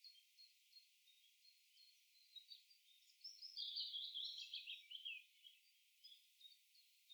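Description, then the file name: Eurasian blackcap song: soft scattered twitters build into a loud, rich warbling phrase lasting about two seconds, then trail off into quieter notes. "Sylvia atricapilla"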